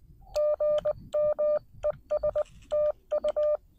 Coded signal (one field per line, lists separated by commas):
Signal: Morse code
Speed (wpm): 19 wpm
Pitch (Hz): 590 Hz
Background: none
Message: GM ES TU